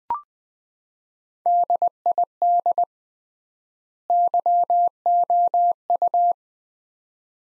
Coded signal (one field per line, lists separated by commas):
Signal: Morse code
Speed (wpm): 20 wpm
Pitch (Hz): 700 Hz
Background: none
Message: DID YOU